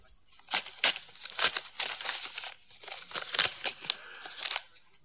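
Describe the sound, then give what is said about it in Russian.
Paper crinkles and tears as a packet for a professor is unwrapped and opened, a run of irregular crisp rustles and crackling bursts with no voices. “Пакет господину профессору.”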